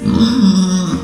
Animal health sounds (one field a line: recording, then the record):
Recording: squeal of a Yucatan mini pig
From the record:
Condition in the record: after surgery on the right vocal fold (resection and tissue-engineered implant)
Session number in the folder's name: 13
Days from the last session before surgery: 113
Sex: female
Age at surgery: 19 weeks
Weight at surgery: 25 kg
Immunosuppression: prednisolone